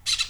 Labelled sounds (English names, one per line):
Brown-throated Parakeet contact call